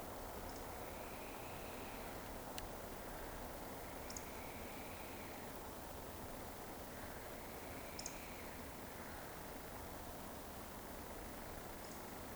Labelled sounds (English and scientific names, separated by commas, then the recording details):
Eurasian Woodcock (Scolopax rusticola)
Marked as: woodcock, woodcock, woodcock, woodcock
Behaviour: display flight
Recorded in Baden-Württemberg, Germany, on 16 June 2020 at 20:40 UTC
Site 14569, 102 m above sea level